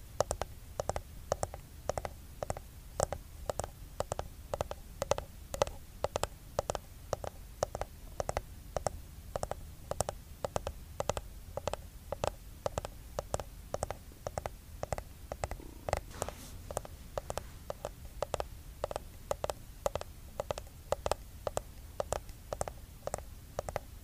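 Quick, regular taps on a skincare product container run through the whole stretch, roughly three or four per second, each a short crisp click. A low, steady murmur sits underneath, and the tapping keeps an even pace without pauses.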